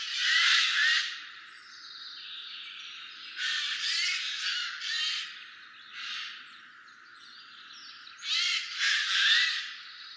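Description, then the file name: Eurasian jay giving harsh, rasping screeches in several bursts, loudest at the start and near the end, with quieter scratchy notes between. "Garrulus glandarius"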